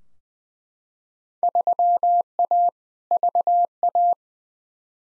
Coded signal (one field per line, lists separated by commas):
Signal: Morse code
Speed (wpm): 20 wpm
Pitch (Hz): 700 Hz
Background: none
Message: 3A VA